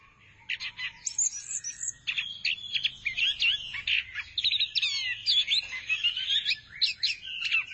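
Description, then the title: Thrush singing a long, largely continuous warbling run of slurred whistles and chattering notes, varied and rapid. "burung anis x"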